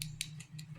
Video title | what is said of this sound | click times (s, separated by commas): Wood stove cleaning | that you put on it so you click click click and then you bring it back you can hear it | 0.0 s, 0.2 s, 0.6 s